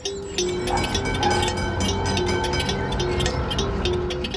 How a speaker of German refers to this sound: Um 18.20 Uhr stieg ich in die Straßenbahnlinie 6 ein.